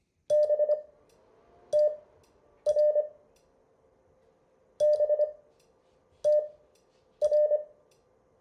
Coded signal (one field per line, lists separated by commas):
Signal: Morse code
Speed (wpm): 25 wpm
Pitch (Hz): 600 Hz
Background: none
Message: BTR BTR